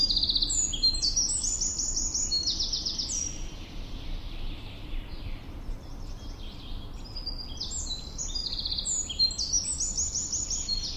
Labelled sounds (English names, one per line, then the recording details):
Eurasian Wren song
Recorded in the wild
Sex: male
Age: adult
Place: Bogensee, Barnim, Brandenburg, DE
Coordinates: 52.7714, 13.5294
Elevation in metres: 60
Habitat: deciduous forest
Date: 2003-06-11
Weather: 20°C, cloudy, almost windless
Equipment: Tascam DA-P1, Sennheiser MKH 70
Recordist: Frommolt, Karl-Heinz
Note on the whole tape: Erlenbestand am Forstamt Lanke am Bogensee: Gesang eines Zaunkönigs. Entfernung ca. 50 m